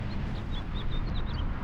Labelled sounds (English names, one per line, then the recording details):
House Finch song
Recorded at Valley Stream on Long Island, New York, on 17 June 1975
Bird AD